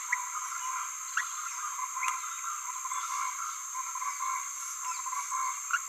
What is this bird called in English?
Green-rumped Parrotlet